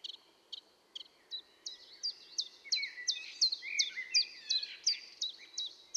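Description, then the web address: Common chiffchaff with sharp, high descending notes, sparse at the start, then quickening into a dense, overlapping series of slurred chips over steady hiss. Recorded at Valsolda. "cibra valsolda. Lui piccolo"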